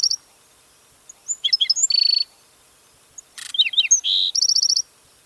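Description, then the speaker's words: Black-throated Sparrow song: a few short clear notes followed by a buzzy trill, the phrase given twice. Song described as two clear notes followed by a buzzing trill. "Their songs are quite distinctive once you know what to listen for and consists of two clear notes followed by a buzzing trill."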